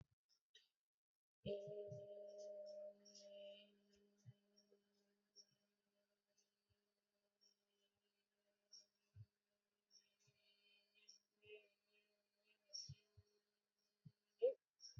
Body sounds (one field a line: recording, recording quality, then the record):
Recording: sustained vowel as in made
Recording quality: moderate, slight background noise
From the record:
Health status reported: exposed to COVID-19, no respiratory illness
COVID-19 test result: negative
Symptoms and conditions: none ticked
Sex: female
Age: 27 years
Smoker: not ticked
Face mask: not worn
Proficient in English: yes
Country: India